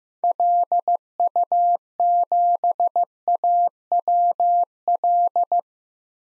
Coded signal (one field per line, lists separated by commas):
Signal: Morse code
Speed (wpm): 15 wpm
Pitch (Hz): 700 Hz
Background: none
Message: LU7AWL